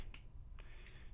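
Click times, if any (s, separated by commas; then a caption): 0.1 s. A plastic limb part of a Transformers Power of the Primes Volcanicus robot toy is pushed into position on the toy's body during the combiner transformation. A sharp, snap-like click is heard at 0.1 s, followed by a fainter tick at 0.6 s over a low background hum. The part seats and clicks into place.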